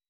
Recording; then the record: hydrophone in a shrimp aquaculture tank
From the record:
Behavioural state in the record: weakened